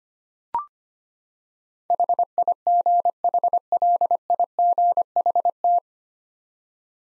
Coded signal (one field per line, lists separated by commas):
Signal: Morse code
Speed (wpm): 25 wpm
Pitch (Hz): 700 Hz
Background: none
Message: HIGHLIGHT